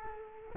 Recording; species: mosquito wingbeat signal from an infrared sensor; Culex quinquefasciatus